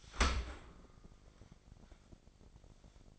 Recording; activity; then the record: daily activity, microphone in the room; open dishwasher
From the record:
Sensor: 5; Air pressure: 1012.4 hPa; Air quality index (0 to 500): 160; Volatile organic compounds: 2 ppm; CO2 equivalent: 1086 ppm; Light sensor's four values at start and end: 119/286/121/135 and 117/281/119/132